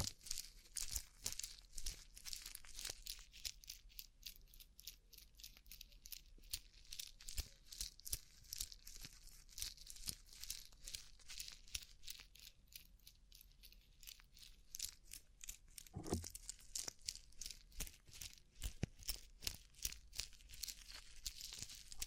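Rhinestone-covered tapping: fast, dense clicks and ticks patter on without pause, bright and crisp with a crinkly, scratchy texture. The rhythm is irregular but steady in density for the whole stretch, with a brief lower thump around sixteen seconds.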